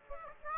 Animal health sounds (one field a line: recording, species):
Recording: mosquito wingbeat signal from an infrared sensor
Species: Aedes aegypti